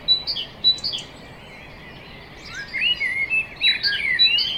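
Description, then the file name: Common blackbird song, a brief series of high clipped notes at first, then a pause, then a busy stretch of chirps and slurred notes. "Turdus merula"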